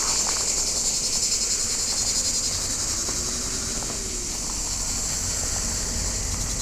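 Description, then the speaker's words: Cicadas in loud chorus, a dense high-pitched buzzing drone that runs without a break and pulses rapidly, with a faint low rumble beneath. Cicadas heard very loudly in the garrigue of the Hérault, at the roadside on the way to Mont Lozère, in strong sun. "je nomme les cigales que vous entendez très fortement."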